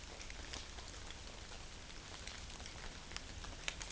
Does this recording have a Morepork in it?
no